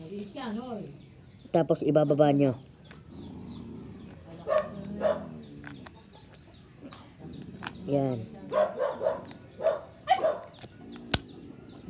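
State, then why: Seated. Someone talks while sliding a battery pack onto the back of a Baofeng BF-888S handheld walkie-talkie transceiver and pressing it down. A sharp click at 11.1 s shows the pack has latched and is attached.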